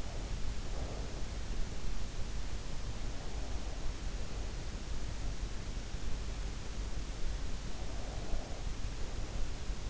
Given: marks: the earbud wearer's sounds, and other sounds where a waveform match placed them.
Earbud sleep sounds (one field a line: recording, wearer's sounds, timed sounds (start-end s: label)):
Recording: sounds in sleep by an in-ear microphone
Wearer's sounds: breath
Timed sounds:
0.00-1.55 s: breath